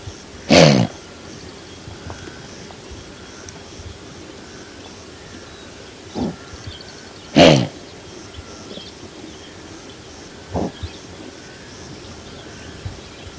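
Blue wildebeest calls: loud, rough, nasal grunts, two strong ones about seven seconds apart, with a fainter grunt just before the second and another about three seconds after it, over a steady, soft background hiss.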